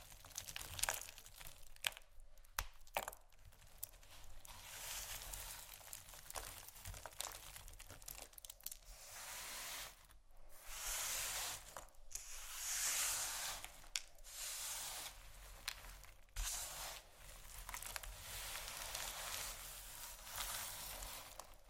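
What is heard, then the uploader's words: Soap or wax being carved: a dense run of dry scraping and shaving strokes, with short sharp clicks and cuts scattered irregularly throughout. The strokes swell and fade in bursts of a second or two, never settling into a steady rhythm, over a faint low hum. ASMR Soap & Candle Carving （No Talking）.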